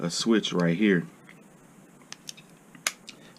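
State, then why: Released. Someone talks for the first second, then the takedown switch on a handgun's frame is pushed back and clicks sharply at 2.9 s. Small taps lead up to it, and the switch releases the slide for disassembly.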